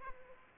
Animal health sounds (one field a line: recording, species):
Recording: mosquito wingbeat signal from an infrared sensor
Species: Aedes aegypti